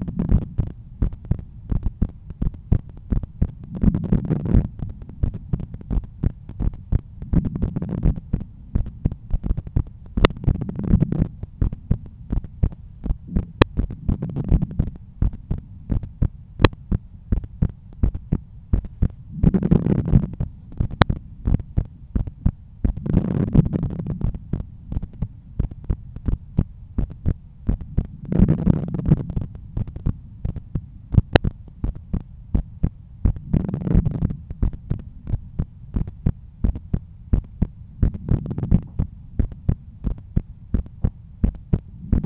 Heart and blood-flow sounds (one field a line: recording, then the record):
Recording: heart sounds by stethoscope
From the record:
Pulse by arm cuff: 85 bpm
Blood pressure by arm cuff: 123/76 mmHg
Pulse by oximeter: 90 bpm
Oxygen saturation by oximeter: 95%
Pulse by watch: 87 bpm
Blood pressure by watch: 126/82 mmHg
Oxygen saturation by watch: 94%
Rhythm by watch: sinus rhythm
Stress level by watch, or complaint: low stress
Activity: after lunch and office activities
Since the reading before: plus 1000 steps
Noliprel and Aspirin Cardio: after pills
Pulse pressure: 47 mmHg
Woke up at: 7:50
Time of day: 16:17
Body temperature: 36.5 C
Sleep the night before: 7 h 52 min, score 75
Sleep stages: REM 24%, light 55%, deep 12%, awake 9%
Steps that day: 9500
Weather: sunny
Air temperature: 23.6 C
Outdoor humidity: 51%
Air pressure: 1013 hPa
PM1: 4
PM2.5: 7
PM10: 10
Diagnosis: hypertension, treated with Noliprel and Aspirin Cardio 100 mg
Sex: male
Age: 53 years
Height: 174 cm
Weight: 81 kg